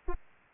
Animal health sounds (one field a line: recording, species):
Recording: mosquito wingbeat signal from an infrared sensor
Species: Anopheles arabiensis